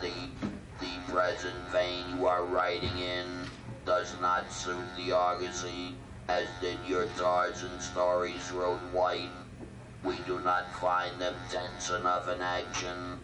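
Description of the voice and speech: An adult man reads aloud fluently in a flat, buzzy, mechanical voice with almost no natural pitch rise and fall, so he sounds like he is from outer space, with steady tones running under the words. This is electrolarynx speech, a device-generated voice source used after loss of the larynx.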